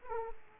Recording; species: mosquito wingbeat signal from an infrared sensor; Aedes aegypti